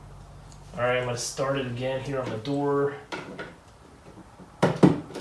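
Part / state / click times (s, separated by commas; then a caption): plastic door into toy kitchen body / not seated / none. A second plastic door is being pushed onto its two pegs on the body of a Step2 Great Gourmet Kitchen toy kitchen. Someone talks, followed by quiet handling and a few sharp plastic knocks near the end. The door is still being handled and nothing has snapped into place yet.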